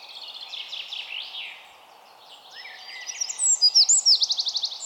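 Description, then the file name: Eurasian wren pouring out high, fast trills and twittering notes, pausing briefly midway, then ending in a loud rattling trill; steady background hiss. "Troglodytes troglodytes"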